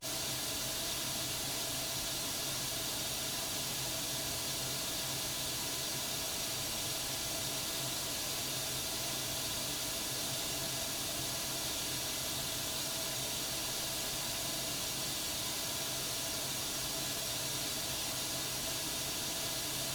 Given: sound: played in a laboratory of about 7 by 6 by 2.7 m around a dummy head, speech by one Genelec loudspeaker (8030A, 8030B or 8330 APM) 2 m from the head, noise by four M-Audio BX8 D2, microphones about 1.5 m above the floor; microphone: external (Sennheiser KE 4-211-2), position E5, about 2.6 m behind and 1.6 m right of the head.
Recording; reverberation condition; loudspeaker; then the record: white noise; low; four, about 170 cm from the corners of the room and facing them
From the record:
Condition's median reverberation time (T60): about 310 ms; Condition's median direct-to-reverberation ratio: about 3.5 dB